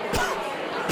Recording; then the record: coughing mixed with background sound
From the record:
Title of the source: Coughing 51